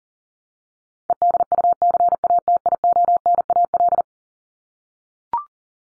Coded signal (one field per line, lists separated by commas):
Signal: Morse code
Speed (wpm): 40 wpm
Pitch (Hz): 700 Hz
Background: none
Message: EDUCATIONAL